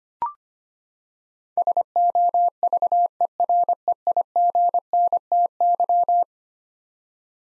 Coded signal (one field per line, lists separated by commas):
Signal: Morse code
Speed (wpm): 25 wpm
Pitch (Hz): 700 Hz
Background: none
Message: SOVEREIGNTY